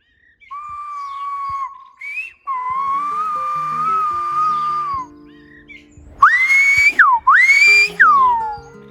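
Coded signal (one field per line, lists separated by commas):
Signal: whistled language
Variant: Silbo Gomero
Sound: loud pure whistles, first long level tones, then swooping rising and falling glides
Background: faint background music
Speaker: The sounds you just heard are not just whistles, they're this island's official language.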